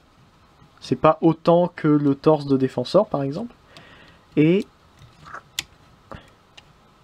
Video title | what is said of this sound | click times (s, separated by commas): Review-déballage : SCATTERSHOT (Transformers Combiner Wars - Voyager) | Ah, ça se clipse mieux, par contre, que le Silverbolt. | 5.6 s